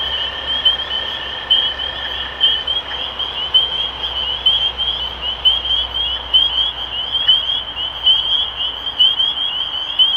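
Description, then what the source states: Spring peeper chorus: many shrill, rising peeps blending into a continuous ringing band, with a steady lower tone that stops early on. Recorded 23 March 2012.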